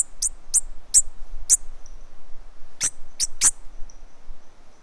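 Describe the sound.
Bird giving several very high, sharp chip notes, spaced irregularly in two loose bursts over low background hiss.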